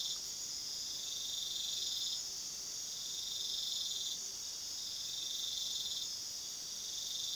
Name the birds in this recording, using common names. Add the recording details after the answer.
none. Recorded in pastures near Puerto Asís, Putumayo, Colombia, on 19 February 2024 at 23:00. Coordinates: 0.497, -76.327. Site G7276